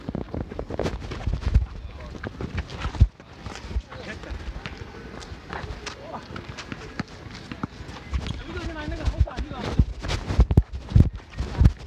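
Outdoor basketball court with scattered talking voices, sharp ball bounces and shoe squeaks at irregular moments, a loud thump near three seconds.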